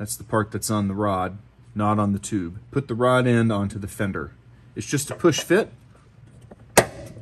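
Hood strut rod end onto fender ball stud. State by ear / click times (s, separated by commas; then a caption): seated / 6.8 s. Someone talks while the rod end of a Spiker Engineering gas hood strut for a 1st Gen Toyota 4Runner or 1984-1988 Toyota pickup is pushed onto the ball stud on the fender as a push fit. A sharp, loud snap at 6.8 s marks the rod end seating in place on the ball stud.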